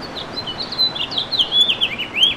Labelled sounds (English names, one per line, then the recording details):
House Finch song
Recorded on Long Island, New York, on 8 May 2012
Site VS
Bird B